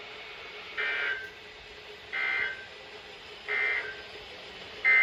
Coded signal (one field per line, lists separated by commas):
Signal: Emergency Alert System (SAME) tones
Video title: Lots of Winter Storm Warnings | Alerts from 1/23/26 - EAS #1553 - 1558